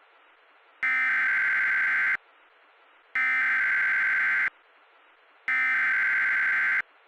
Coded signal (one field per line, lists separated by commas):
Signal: Emergency Alert System (SAME) tones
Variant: header bursts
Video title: Severe Thunderstorm Watch #242 (6/3/20) [EAS #33]